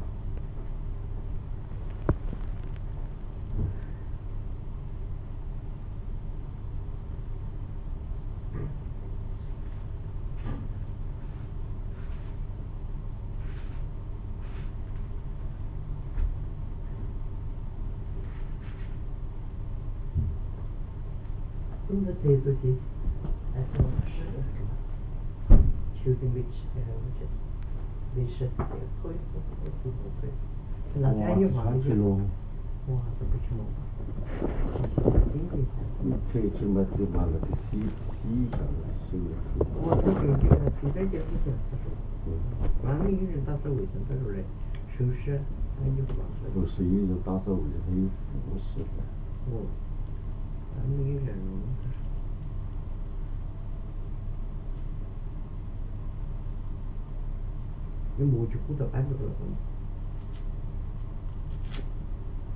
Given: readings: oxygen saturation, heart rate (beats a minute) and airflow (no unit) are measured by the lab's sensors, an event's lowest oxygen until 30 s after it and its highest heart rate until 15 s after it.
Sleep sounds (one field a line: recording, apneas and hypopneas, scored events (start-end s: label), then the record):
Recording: a person awake in a sleep study, by a smartphone at the bedside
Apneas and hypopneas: none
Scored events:
0.00-62.56 s: awake
From the record:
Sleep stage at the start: awake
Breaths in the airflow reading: 26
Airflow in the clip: -2.0 to 1.4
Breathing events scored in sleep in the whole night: 388 in 6.5 hours asleep